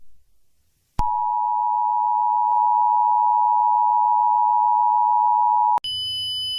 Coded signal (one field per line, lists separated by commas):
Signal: Emergency Alert System (SAME) tones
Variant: 853 and 960 Hz attention tone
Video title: eas scenario catemojibabyheat part 37 the young country bombers vs emoji cat baby abuse in robot